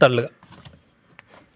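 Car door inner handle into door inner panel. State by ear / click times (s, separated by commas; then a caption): seated / 1.2 s. A Hyundai Santro's replacement inner door handle assembly is pressed in and pushed back into the car door's inner panel. Someone talks at the start, then faint handling sounds follow. A sharp click at 1.2 s marks the handle locking into place with its hole lined up.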